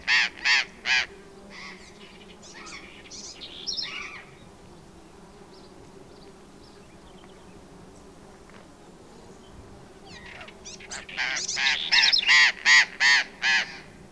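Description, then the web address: Burrowing parrot making rapid series of harsh, grating screeches at the start and end, with softer squawks in the middle. "parrots cyanoliseus-patagonus"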